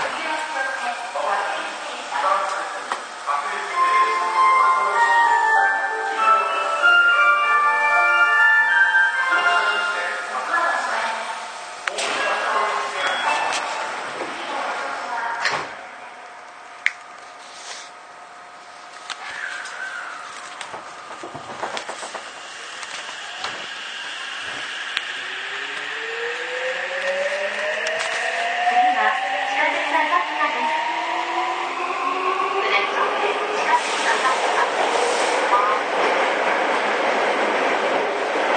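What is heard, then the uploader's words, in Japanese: Inside a commuter train, an onboard announcement plays for the first ten seconds over a steady cabin hum. After a quieter stretch with a few clunks, the motors start up around 24 seconds, their whine climbing steadily in pitch as the train accelerates to the end. 西武6000系 和光市〜新木場。1991年度から1995年度までに製造された6101F - 6117Fの車体は軽量ステンレス製。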